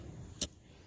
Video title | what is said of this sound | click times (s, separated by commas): Case XX Hammerhead knife review | hear that snap that snap closed that's a good thing | 0.4 s